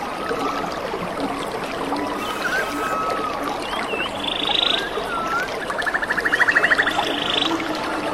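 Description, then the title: Birds calling: slurred whistles, high arched notes near the top, then a fast buzzy trill around six seconds, all over a steady rushing stream. Birds in a rainy forest beside a clear stream. "The pure stream and lovely birds in the rainy forest"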